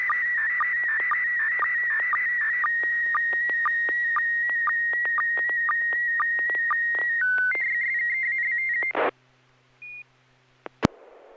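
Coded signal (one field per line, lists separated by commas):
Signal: SSTV (slow-scan television)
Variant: PD120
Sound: warbling tone around 2 kHz with regular low blips twice a second, then stops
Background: low hum, clicks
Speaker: we're going to be standing on pv-120 pt120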